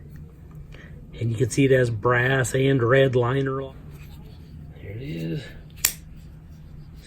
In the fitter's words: click when you open it it